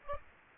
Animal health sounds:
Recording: mosquito wingbeat signal from an infrared sensor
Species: Aedes aegypti

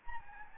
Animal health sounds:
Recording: mosquito wingbeat signal from an infrared sensor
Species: Anopheles gambiae

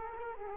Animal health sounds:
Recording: mosquito wingbeat signal from an infrared sensor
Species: Culex quinquefasciatus

